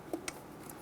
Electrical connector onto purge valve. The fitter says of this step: push until you hear a click if you don't give it a pull make sure it's locked on